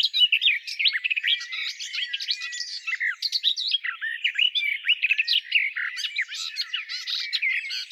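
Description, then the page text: Garden warbler pouring out a fast, sustained babbling warble of rich chirps and twitters, steady throughout with no pauses. "Timo Tschentscher - садовая славка"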